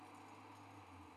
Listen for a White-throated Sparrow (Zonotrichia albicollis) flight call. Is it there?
no